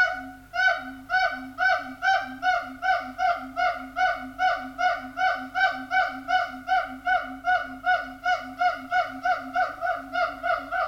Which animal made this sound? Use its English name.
Siamang